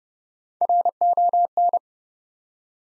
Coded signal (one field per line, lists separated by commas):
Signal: Morse code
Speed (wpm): 30 wpm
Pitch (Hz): 700 Hz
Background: none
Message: RON